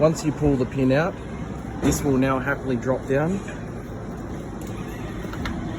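Someone talks over a low engine-like hum while handling the metal LPG cylinder mounting bracket on a Crown forklift, with the retaining pin pulled so the swing-down tank bracket can drop to its lowered position. Two brief sharp knocks are heard near 5.3 and 5.5 seconds, but nothing has seated or clicked into place yet.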